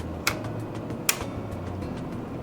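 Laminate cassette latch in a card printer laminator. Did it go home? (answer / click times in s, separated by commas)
yes / 0.3 s, 1.1 s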